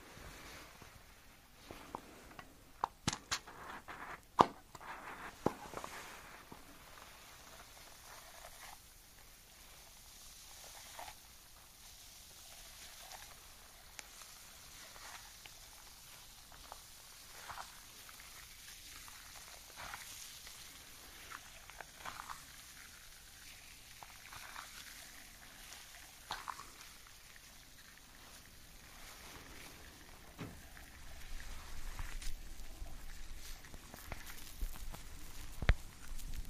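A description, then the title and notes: Quiet skin cleansing with oil and foam: soft wet rubbing and fizzing, sharp clicks near the start, and louder handling toward the end. Skin Cleansing, oil and foam.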